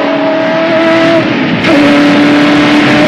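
A race car engine roars steadily at high speed as the car speeds along a racetrack, its tonal whine holding pitch, briefly dipping, then shifting up to a louder, brighter drone after a gear change. No voices.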